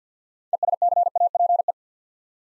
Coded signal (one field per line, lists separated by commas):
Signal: Morse code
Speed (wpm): 50 wpm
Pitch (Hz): 700 Hz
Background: none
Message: ESCAPE